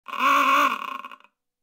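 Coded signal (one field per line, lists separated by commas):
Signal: alarm pattern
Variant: submarine klaxon horn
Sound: one harsh buzzing klaxon blast, about a second, ending in a rattling decay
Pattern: 1 long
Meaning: Signals the submarine to dive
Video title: Submarine Klaxon Horn Signalling Dive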